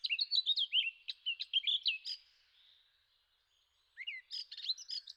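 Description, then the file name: Eurasian blackcap song: rapid varied warbling phrases of clear whistled and slurred notes, a brief pause, then another fast burst of mixed notes. "zwartkop"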